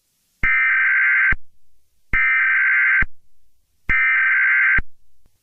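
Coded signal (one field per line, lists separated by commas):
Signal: Emergency Alert System (SAME) tones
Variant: header bursts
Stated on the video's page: Mock recreation of a special marine warning alert.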